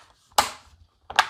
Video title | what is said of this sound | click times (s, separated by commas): Frozen or Stuck Screen on Amazon Fire Tablet! Easy Fix! No Special Tools Required! | it just snaps | 0.4 s, 1.2 s